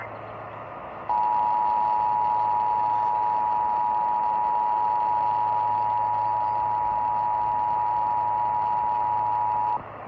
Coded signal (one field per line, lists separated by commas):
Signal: Emergency Alert System (SAME) tones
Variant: 853 and 960 Hz attention tone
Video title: [EAS #2932-#2933] Shasta County Required Monthly Test (3/20/24)